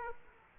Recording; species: mosquito wingbeat signal from an infrared sensor; Aedes aegypti